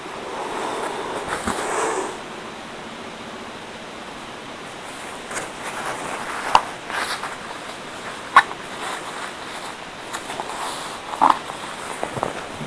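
Someone crafts roses from paper napkins: a burst of soft paper rustling for the first two seconds, then quieter handling over a steady background hiss. Sharp little crinkles and taps stand out near 6.5, 8.5 and 11 seconds.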